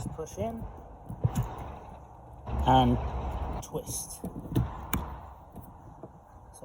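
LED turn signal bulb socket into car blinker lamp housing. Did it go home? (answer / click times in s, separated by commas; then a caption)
no / none. Someone talks while handling an LED blinker bulb in its plastic socket, pushing and twisting it toward the turn-signal lamp housing of a BMW E34 car, with brief handling knocks and a sharp short tap around 4.9 s. The clip ends before the socket twist-locks into the housing, so nothing has seated or clicked yet.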